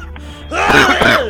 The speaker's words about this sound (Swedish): Vad gör du just nu? Jag hostar lite bara.